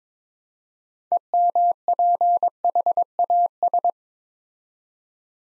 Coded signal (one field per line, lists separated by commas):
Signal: Morse code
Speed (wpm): 22 wpm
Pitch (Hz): 700 Hz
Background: none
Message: EMPHAS